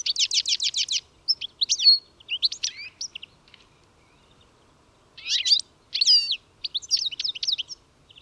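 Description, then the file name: European goldfinch twittering, starting with a fast run of repeated sharp chirps, then liquid, buzzy high notes in broken phrases separated by a short silence. "Carduelis carduelis"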